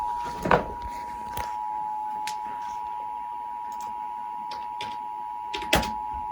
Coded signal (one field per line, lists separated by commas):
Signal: Emergency Alert System (SAME) tones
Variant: 853 and 960 Hz attention tone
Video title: Brrrrrrr Festival EAS 1087 1120